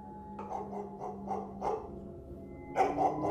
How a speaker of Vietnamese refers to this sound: Ông đang đi đến gần nhà thì thấy từ trong ngõ vang lên tiếng sủa đứt đoạn của con chó nhà hàng xóm.